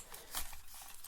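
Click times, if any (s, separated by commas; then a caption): none. A plastic propeller arm of a small folding MJX X103W GPS quadcopter is swung back toward its fold lock in the quadcopter body, with soft handling rustle and two brief taps near 0.1 and 1.0 seconds. The arm has not clicked into place yet, and nothing has seated.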